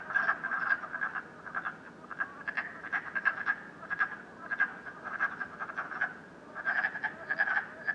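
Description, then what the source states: Frogs giving bursts of quick pulsed croaks in groups, each cluster rising in loudness, with brief quieter gaps between them. Frogs croaking at night in Canada, recorded during COVID-19.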